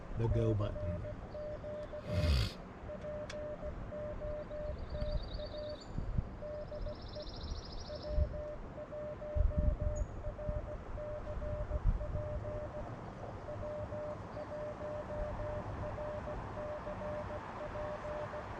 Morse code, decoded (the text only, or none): CQ POTA DE W1RCP W1RCP